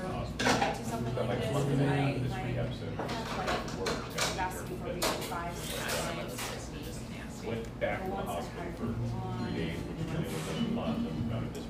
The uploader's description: café sounds from a little drip coffee joint in eastern Seattle